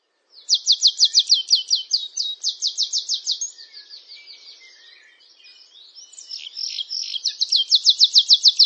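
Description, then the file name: Canary song: a fast rhythmic trill of sharp repeated notes, a softer warbled section, then the rapid trill returns. "Canary Voice"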